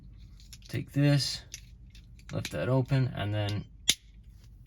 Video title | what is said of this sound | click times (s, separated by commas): Transformers studio series 86 Megatron (peak) | that'll snap into place. | 3.9 s